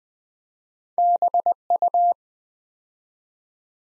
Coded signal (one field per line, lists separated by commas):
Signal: Morse code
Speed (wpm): 20 wpm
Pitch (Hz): 700 Hz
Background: none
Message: BU